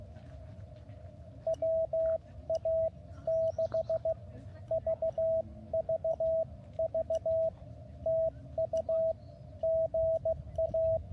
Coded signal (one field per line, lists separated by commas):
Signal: Morse code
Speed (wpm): 16 wpm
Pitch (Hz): 650 Hz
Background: radio noise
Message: WA6VVV TU GA